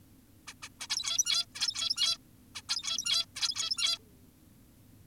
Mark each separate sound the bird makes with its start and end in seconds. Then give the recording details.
0.48-0.54, 0.62-0.69, 0.80-0.87, 0.90-1.46, 1.55-2.18, 2.55-2.62, 2.69-3.26, 3.36-3.98. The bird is an adult. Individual g17y2U